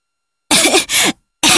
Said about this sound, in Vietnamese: Nó mở miệng ra và lập tức nuốt phải một bụm tro. Nó ho.